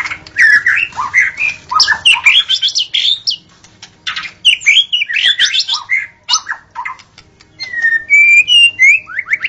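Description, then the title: White-rumped shama song, a continuous stream of rich, varied whistles, chirps and slurred notes, fast and jumbled, with a few clear whistles near the end. Wild forest bird; original natural song. "Kicau Asli Murai Batu Hutan"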